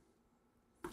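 A rotary part, likely a knob with a stop at each end, that felt scratchy because it wasn't pushed far enough down onto its mount is pressed further onto its shaft. After quiet low background noise, it seats with a single sharp click at 0.9 s. The part is now fully seated and works properly.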